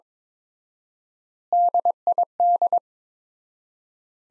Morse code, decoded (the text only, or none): DID